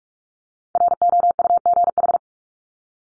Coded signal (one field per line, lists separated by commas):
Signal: Morse code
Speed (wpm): 44 wpm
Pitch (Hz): 700 Hz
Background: none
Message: ROUGH